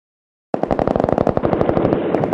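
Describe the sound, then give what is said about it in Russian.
A sudden burst of gunfire exchange erupts at dawn on the southern road from Lesnoye after silence: rapid, overlapping shots in a dense, rattling stream, loud and continuous, with no voices present. “На рассвете всех разбудили звуки перестрелки, что разгорелось на южной дороге из Лесного.”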